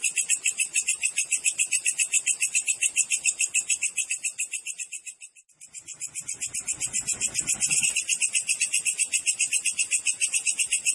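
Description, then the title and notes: Cricket trilling in a dense, rapid pulsing buzz with high and very high bands, briefly dropping out in the middle before resuming. Clean natural cricket recording with tightly spaced chirps, used as a master track for training songbirds and for repelling rats. "Masteran Jangkrik Alam Jernih, Jeda Rapat Cocok Untuk Masteran Burung Dan Mengusir Tikus. suara jangkrik"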